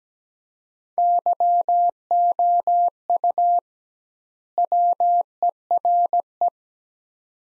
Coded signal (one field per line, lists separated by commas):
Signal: Morse code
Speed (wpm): 17 wpm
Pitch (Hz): 700 Hz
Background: none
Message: YOU WERE